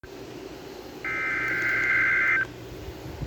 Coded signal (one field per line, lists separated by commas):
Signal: Emergency Alert System (SAME) tones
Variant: header bursts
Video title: ILX and LSX Required Weekly Tests On WXJ75,KXI70,KXI46, & KDO89 3/25/2024 (EAS #2,439-2,442)